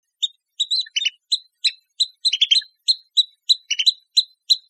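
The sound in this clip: Pygmy nuthatch calls: sharp high chirping notes repeated rapidly, about three a second, with short clustered bursts of squeaky piping notes mixed in; no other sounds.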